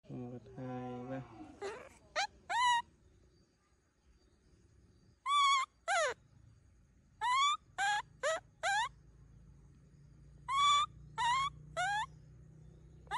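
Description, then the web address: Monkey calling: a low, droning harmonic moan, then shrill squealing notes that swoop up and down, given in bursts of two to four with quiet pauses between. "monkey valii"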